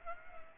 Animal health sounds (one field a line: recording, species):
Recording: mosquito wingbeat signal from an infrared sensor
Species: Aedes aegypti